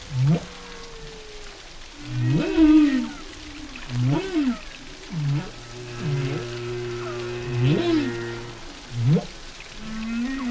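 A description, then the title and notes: Whale song fills the clip with a run of low, swooping calls that rise and fall in pitch, arriving roughly every one to two seconds. Some are short upward whoops, others long, steady moans that overlap, over a faint, constant watery hiss. Whale Songs.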